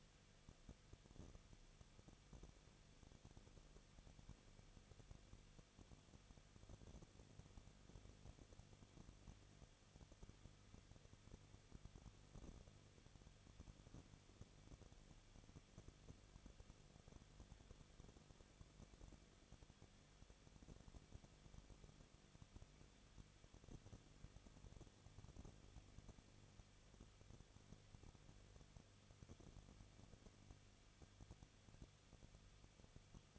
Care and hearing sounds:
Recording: daily activity, microphone in the room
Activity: no activity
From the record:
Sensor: 4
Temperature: 23.0 degrees Celsius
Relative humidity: 34.1%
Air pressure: 1007.4 hPa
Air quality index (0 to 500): 213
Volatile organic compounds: 14 ppm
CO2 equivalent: 2448 ppm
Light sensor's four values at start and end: 2/3/1/1 and 2/3/1/1

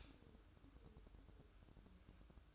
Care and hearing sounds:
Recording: daily activity, microphone in the room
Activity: stop toaster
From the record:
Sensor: 2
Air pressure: 1007.1 hPa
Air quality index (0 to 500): 39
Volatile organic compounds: 1 ppm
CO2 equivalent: 538 ppm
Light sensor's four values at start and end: 6/13/5/5 and 6/13/5/5

